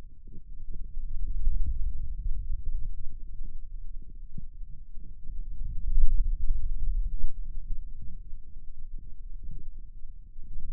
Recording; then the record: forearm muscle sounds (acoustic myography)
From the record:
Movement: finger pinch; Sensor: system 2, bracelet of six BSWA MPA416 microphones around the upper forearm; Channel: 1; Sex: male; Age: 22 years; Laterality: right